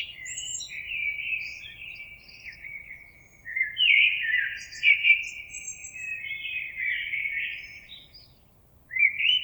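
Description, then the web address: Common blackbird song as a long, continuous, mellow warble with scattered high, thin twitters above it, and a fresh phrase starting at the end. Recorded on 26 April 2022. "oiseaux Merle 2022 04 26"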